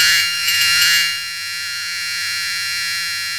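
Cicada song, a continuous harsh high buzz that is loudest in the first second, then settles to a steady, even drone.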